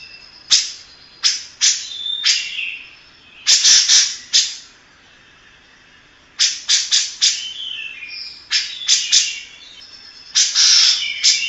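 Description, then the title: Grey-cheeked bulbul calls come as sharp, harsh bursts of rasping notes in irregular groups, separated by quiet gaps. Long-duration masteran song used to train other birds to copy. "Cucak Jenggot Masteran Durasi Panjang"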